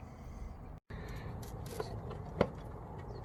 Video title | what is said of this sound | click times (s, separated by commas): Colorado ZR2 Bison AEV Front LED Fog Light Bracket Installation | your fingers in behind and it pops right out I know | 2.4 s